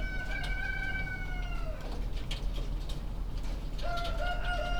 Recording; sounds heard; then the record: poultry house recording; healthy chickens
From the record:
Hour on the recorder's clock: 21